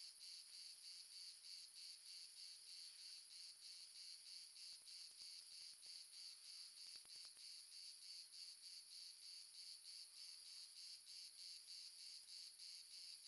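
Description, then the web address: Crickets chirping in chorus, high pulsed trills repeating about three times a second, steady and continuous, with a few faint clicks. Several crickets, ambience recorded in the south of France. "sonniss gdc audio. amb crickets multiple south france"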